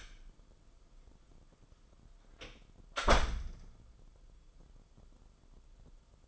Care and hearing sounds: daily activity, microphone in the room; close door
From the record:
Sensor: 5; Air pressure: 994.5 hPa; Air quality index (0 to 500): 185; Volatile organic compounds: 1000 ppm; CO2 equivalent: 5452 ppm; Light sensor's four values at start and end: 18/45/18/21 and 15/37/15/17

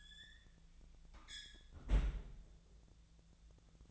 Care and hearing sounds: daily activity, microphone in the room; close fridge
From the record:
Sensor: 3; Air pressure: 1009.6 hPa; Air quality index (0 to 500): 195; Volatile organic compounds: 16 ppm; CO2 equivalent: 2535 ppm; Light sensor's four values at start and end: 34/84/36/38 and 34/84/36/38

